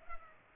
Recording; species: mosquito wingbeat signal from an infrared sensor; Culex pipiens